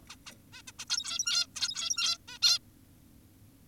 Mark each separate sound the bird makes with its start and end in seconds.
0.10-0.16, 0.26-0.32, 0.54-0.62, 0.68-0.72, 0.79-0.85, 0.89-1.47, 1.56-2.18, 2.28-2.38, 2.42-2.59